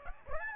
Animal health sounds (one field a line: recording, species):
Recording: mosquito wingbeat signal from an infrared sensor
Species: Aedes aegypti